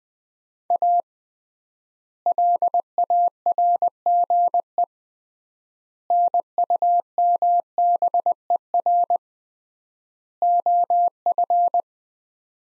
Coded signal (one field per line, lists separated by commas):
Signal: Morse code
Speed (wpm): 21 wpm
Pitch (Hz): 700 Hz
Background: none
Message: A LARGE NUMBER OF